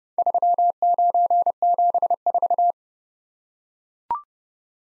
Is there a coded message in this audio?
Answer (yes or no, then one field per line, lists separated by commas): yes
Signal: Morse code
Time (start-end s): 0.2-2.7 s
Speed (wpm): 30 wpm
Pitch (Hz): 700 Hz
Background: none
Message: 3974